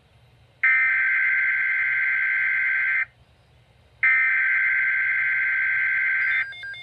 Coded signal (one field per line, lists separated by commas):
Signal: Emergency Alert System (SAME) tones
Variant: header bursts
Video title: Flash Flood Watch (EAS #63) (8/12/16)